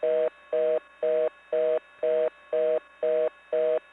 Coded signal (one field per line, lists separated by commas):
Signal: telephone call progress tone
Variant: North America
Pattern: reorder tone